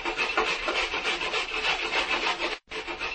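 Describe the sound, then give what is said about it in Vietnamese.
A knife carves a hole in the wooden lid of a chest, scraping and gouging in a steady, gritty rasping run, rough and continuous, broken by one brief pause near the end before the carving resumes. No one speaks. “Tiếng dao khoét vào gỗ phát lên thành tiếng.”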